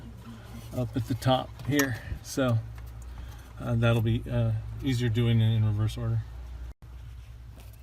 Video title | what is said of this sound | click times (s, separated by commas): Quickly Fix Hot/Cold Air Actuator in Jeep JK | I got it back in. It didn't snap into place back there, but it's definitely in that metal. | none